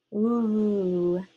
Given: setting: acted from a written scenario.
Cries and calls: vocal sound without words; contentment

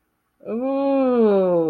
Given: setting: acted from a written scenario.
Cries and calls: vocal sound without words; desire

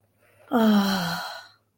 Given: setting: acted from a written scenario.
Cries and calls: vocal sound without words; relief

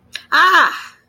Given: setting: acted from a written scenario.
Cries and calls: vocal sound without words; negative surprise

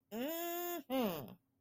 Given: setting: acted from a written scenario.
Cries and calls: vocal sound without words; triumph

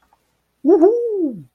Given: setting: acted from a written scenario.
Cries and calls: vocal sound without words; realization

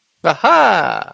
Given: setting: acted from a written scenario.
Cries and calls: vocal sound without words; positive surprise

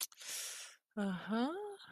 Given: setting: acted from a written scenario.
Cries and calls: vocal sound without words; confusion

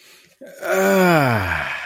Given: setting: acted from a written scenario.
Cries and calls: vocal sound without words; contentment

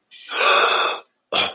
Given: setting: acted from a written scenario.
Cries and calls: vocal sound without words; distress

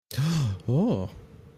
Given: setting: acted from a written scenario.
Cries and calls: vocal sound without words; desire

